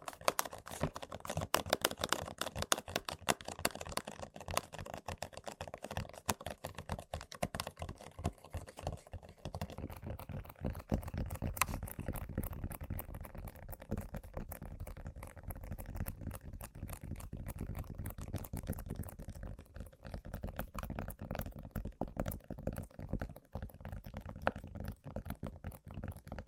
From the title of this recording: Tapping & Scratching On Random Objects